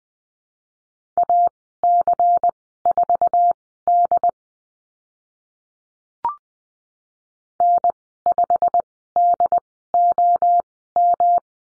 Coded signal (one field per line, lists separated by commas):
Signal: Morse code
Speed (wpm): 20 wpm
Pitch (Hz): 700 Hz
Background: none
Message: AC4D N5DOM